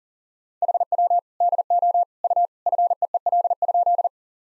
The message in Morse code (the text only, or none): HW DO U FEEL?